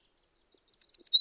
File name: American Tree Sparrow